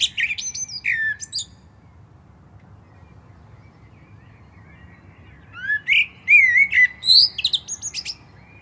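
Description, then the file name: Common blackbird giving two song phrases separated by a silent pause, each rich fluted warbling ending in squeaky high twitters. "Turdus merula"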